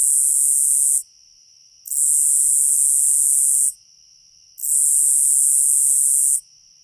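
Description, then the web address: Nebraska conehead song: long, loud, buzzing high-pitched bursts of about two seconds each, separated by short gaps, with a faint steady tone underneath. "Songs of Insects. Nebraska Conehead"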